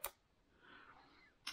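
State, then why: Seated. The built-in 360° rotating mount on the body of a Bosch Professional GPL 5 G green five-point line laser is turned until it locks into place, with a sharp click at 0.0 s. A quiet rustling of the mount turning follows, then a second similar click near 1.5 s. The mount is seated and locked in position.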